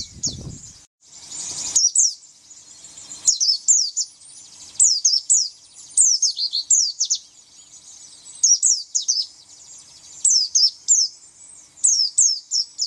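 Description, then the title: White-eye song: rapid high thin twittering phrases of sharp descending chirps in bursts, a brief rustle near the start. "Pleci"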